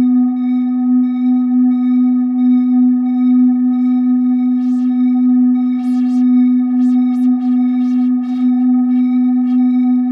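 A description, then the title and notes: A steady 250 Hz sine wave hums with faint higher overtones, while brief hissing, bright textures flicker in from about five seconds onward. A sine wave of 250 Hz with accumulating textures.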